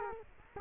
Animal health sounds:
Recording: mosquito wingbeat signal from an infrared sensor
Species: Culex quinquefasciatus

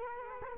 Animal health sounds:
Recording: mosquito wingbeat signal from an infrared sensor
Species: Culex quinquefasciatus

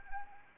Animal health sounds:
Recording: mosquito wingbeat signal from an infrared sensor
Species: Anopheles arabiensis

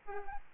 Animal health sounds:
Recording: mosquito wingbeat signal from an infrared sensor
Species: Aedes albopictus

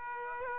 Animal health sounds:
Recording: mosquito wingbeat signal from an infrared sensor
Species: Aedes aegypti

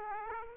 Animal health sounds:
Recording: mosquito wingbeat signal from an infrared sensor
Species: Aedes aegypti

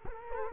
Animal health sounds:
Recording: mosquito wingbeat signal from an infrared sensor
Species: Culex quinquefasciatus

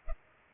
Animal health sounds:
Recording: mosquito wingbeat signal from an infrared sensor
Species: Culex pipiens

